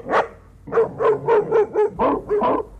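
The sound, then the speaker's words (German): Three dogs, the largest a shaggy grey shepherd dog, bark angrily as they charge at people: one opening bark, a short pause, then a rapid, fairly even run of about seven loud, harsh, mid-pitched barks with no talking. “Drei Hunde drangen mit zornigem Gebell auf uns ein.”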